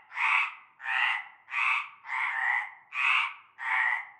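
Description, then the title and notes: Frog croaks, loud grating bursts rising and falling about every three quarters of a second, several callers overlapping. Frog chorus starting at nightfall in a large concrete basin with stagnant greenish water, Avenue Cante Coucou, La Ciotat, Bouches-du-Rhône, France. "Avenue Cante Coucou, Groupède, La Ciotat, Marseille, Bouches-du-Rhône, Provence-Alpes-Côte d'Azur, France métropolitaine, 13600, France - cœur de grenouilles. Une grande vasque en béton, un fond d'eau verdâtre croupissant. et un cœur de grenouilles dès la nuit tombée"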